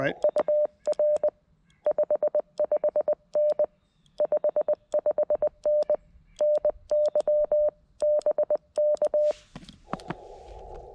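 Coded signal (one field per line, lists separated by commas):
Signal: Morse code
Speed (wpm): 20 wpm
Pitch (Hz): 600 Hz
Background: speech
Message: UR 55N 55N NY BK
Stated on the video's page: Morse from a POTA park activation at K-5221 on a portable radio, after a firmware update improved its CW.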